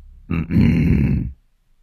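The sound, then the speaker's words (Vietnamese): A man, a canton chief fanning himself, clears his throat: a short catch followed by a longer, rough, low-pitched rasp lasting about a second, fairly loud and on its own with no talking. “Còn đang ngó nghiêng thì chánh tổng đã xuất hiện ở trên phản, tay phe phẩy cái quạt, khẽ hắng giọng.”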